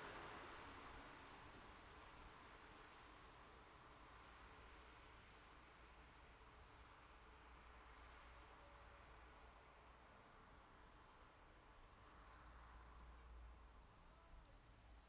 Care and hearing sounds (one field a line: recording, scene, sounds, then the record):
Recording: everyday scene through a hearing-aid microphone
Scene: in traffic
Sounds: traffic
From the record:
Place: city secondary road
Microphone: in the ear canal, left